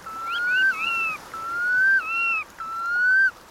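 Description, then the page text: Red Knot calls: three mellow rising whistles, each slurring upward then dropping to a lower note, with thinner overtones above, evenly spaced. Migrating shorebird flying up to 9,000 miles between Arctic tundra and Tierra del Fuego; stops over at Delaware Bay, eating horseshoe crab eggs; populations low but stable since 2011. "Red Knot Migration: A Race Against Time (Bird Note. Chirp Nature Center"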